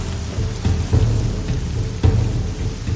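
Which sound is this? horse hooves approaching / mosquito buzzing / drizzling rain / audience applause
drizzling rain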